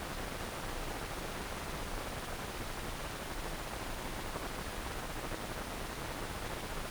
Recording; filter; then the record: brain microelectrode recording played as sound; wide band, above 20 Hz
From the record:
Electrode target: subthalamic nucleus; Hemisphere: right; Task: reaching with the left hand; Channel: 1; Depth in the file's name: 1.506 mm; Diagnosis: Parkinson's disease